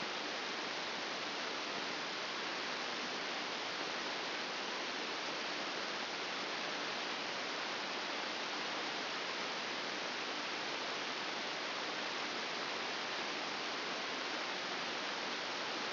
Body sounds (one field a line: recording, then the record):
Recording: brain microelectrode recording played as sound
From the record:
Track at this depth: inside the subthalamic nucleus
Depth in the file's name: 5.462 mm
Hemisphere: left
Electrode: 2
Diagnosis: Parkinson's disease